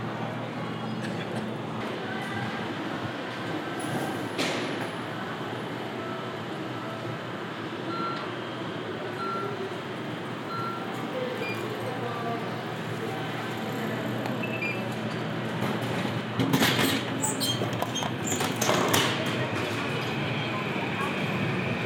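A walk through a city street, with a steady, dense murmur of traffic and low rumble throughout. Voices and faint short sounds surface now and then, and around seventeen and nineteen seconds a louder, harsher burst of noise briefly rises above the hum.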